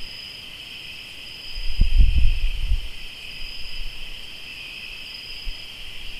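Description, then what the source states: Crickets trill continuously in a high, even chorus; a loud low thudding burst interrupts around the second and third seconds. Crickets recorded in Tlayacapan, Morelos.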